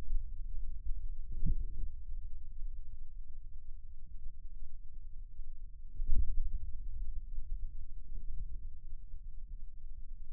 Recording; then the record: forearm muscle sounds (acoustic myography)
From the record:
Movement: finger pinch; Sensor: system 2, bracelet of six BSWA MPA416 microphones around the upper forearm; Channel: 1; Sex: male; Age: 22 years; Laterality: right